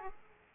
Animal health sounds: mosquito wingbeat signal from an infrared sensor; Aedes aegypti

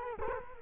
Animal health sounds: mosquito wingbeat signal from an infrared sensor; Culex quinquefasciatus

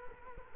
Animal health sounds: mosquito wingbeat signal from an infrared sensor; Culex quinquefasciatus

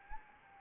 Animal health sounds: mosquito wingbeat signal from an infrared sensor; Anopheles arabiensis

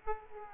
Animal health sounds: mosquito wingbeat signal from an infrared sensor; Aedes aegypti

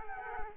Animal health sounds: mosquito wingbeat signal from an infrared sensor; Culex quinquefasciatus

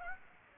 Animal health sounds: mosquito wingbeat signal from an infrared sensor; Aedes aegypti

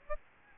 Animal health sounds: mosquito wingbeat signal from an infrared sensor; Aedes albopictus

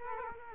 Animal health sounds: mosquito wingbeat signal from an infrared sensor; Culex quinquefasciatus

